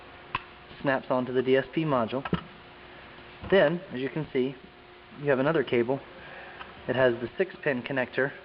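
A coaxial cable connector is pushed onto the socket of a car audio DSP amplifier module during a BMW X5 speaker upgrade. A sharp tick is heard at 0.4 s as it snaps into place and seats, and someone talks throughout.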